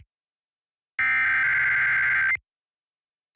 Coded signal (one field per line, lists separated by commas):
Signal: Emergency Alert System (SAME) tones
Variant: header bursts